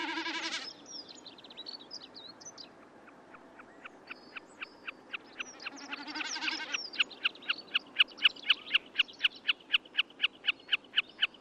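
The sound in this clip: Snipe calling with a steady run of short, sharp ticking notes, about four per second, growing louder, after a burst of mixed songbird chatter at the start.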